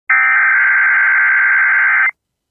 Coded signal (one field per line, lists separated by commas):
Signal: Emergency Alert System (SAME) tones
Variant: header bursts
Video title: The 6th And Final Relay Of TOA #711 EAS #551